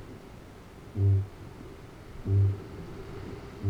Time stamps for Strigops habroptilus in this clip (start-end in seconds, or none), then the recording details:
0.00-3.70. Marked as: faintness 2/5. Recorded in New Zealand. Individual Arab